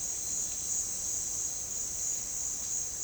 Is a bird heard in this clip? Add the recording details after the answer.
no. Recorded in dense forest near Puerto Asís, Putumayo, Colombia, on 8 March 2025 at 14:30. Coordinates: 0.467, -76.328. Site G041